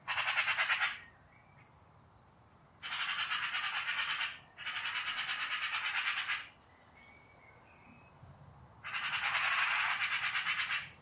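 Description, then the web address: Eurasian magpie giving harsh, rapid rattling chatters in four bursts, with a faint thin call between them. "cianscape birddata Deverinetal"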